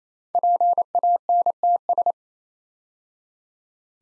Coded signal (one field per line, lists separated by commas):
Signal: Morse code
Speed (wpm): 27 wpm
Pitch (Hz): 700 Hz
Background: none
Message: PANTS